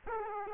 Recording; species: mosquito wingbeat signal from an infrared sensor; Aedes aegypti